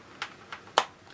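After the small screw is undone, a screwdriver turns the cyclone/bin section fastener anti-clockwise on the plastic cyclone assembly of a Dyson V6/V8 cordless stick vacuum. Two softer ticks come at about 0.2 s and 0.5 s, then a sharp, loud click at 0.8 s. The fastener clicks open, releasing the section so it can be removed.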